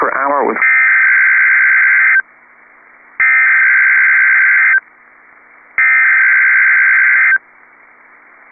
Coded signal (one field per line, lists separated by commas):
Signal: Emergency Alert System (SAME) tones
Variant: header bursts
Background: speech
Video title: P-O-L-K and Texas | EAS Alerts from 5/18/21 (EAS #379-386)